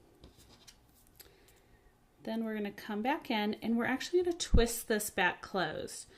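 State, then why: Not seated. An opened metal jump ring is threaded with pliers through the freshly punched hole in a stamped metal jewelry disc, with only faint tool taps near 0.2 s and 1.1 s. Someone then talks from about 2.2 s to the end. The ring has not yet been twisted closed, and nothing has clicked or locked.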